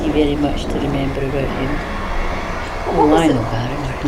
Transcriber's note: sound of traffic getting louder